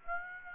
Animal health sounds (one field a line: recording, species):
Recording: mosquito wingbeat signal from an infrared sensor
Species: Aedes aegypti